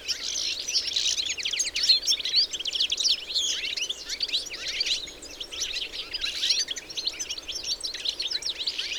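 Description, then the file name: European goldfinch twittering, bursts of tinkling, slurred chirps that thicken and thin in waves, over a faint background hiss. "Carduelis carduelis"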